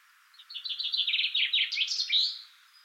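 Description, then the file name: Common chaffinch song: a rapid series of tumbling chip notes finished with an emphatic flourish, lasting about two seconds. "Fringilla coelebs"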